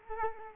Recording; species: mosquito wingbeat signal from an infrared sensor; Culex quinquefasciatus